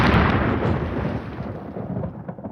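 nature, thunder

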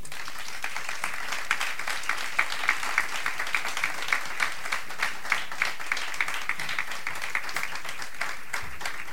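crowd, audience applause

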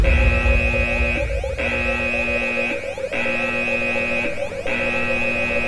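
signal or alarm, alarm going off

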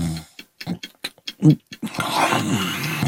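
human body sound, person snoring

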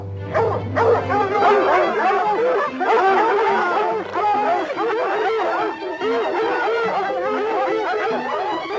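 animal, dogs barking

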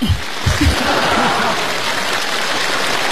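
crowd, audience applause

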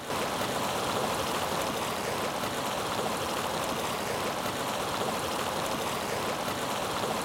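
nature, flowing stream water

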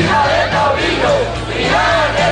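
crowd, protest crowd shouting

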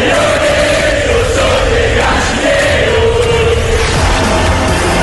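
crowd, football fans chanting

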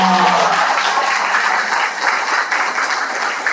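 crowd, audience applause

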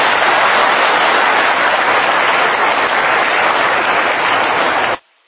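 crowd, loud applause

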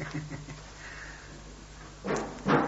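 household object, door being closed

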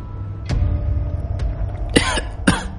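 human body sound, coughing

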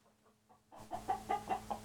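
bird, hens clucking

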